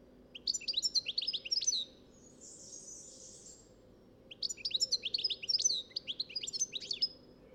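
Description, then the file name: European goldfinch song: two bursts of rapid, tinkling twitters separated by a soft hissy buzz, over a steady low hum. "Carduelis carduelis"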